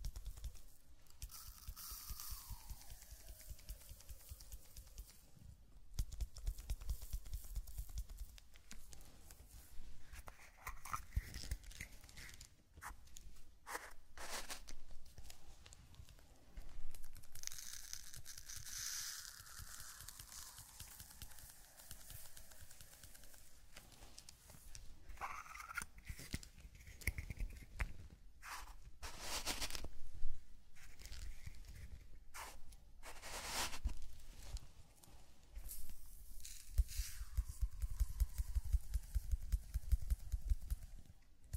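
Zen garden sounds: soft sand brushing and crinkling with sharp taps scattered throughout, clustering around 6, 14, 25 and 30 seconds. Several gliding scraped strokes sweep downward in pitch near the start, middle and end. A low rumble sits underneath, swelling toward the close.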